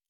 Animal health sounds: hydrophone in a shrimp aquaculture tank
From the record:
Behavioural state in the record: normal

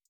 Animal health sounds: hydrophone in a shrimp aquaculture tank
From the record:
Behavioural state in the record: feeding

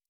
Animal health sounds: hydrophone in a shrimp aquaculture tank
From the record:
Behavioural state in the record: normal

